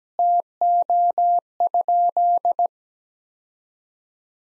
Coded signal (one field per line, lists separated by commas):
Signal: Morse code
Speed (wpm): 17 wpm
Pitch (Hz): 700 Hz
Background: none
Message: TO?